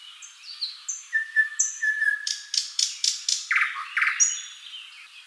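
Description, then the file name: Thrush nightingale song: a few high whistles leading into a fast, steady run of loud, harsh chopping notes, then softer high notes. "solovey obyknovennyy golos"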